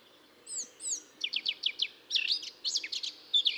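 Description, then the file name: Eurasian blackcap song: two high slurred notes, then quick scratchy, chattering phrases rising and falling, against steady soft background noise. "Sylvia atricapilla"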